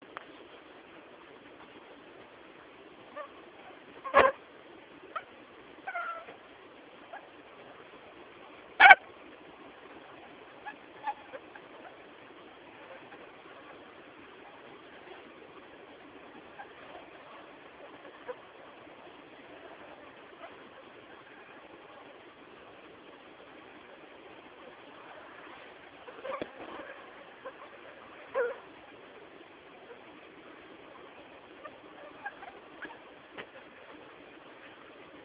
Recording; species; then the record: mosquito flight sound by mobile phone; Anopheles gambiae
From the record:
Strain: Kisumu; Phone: Samsung T209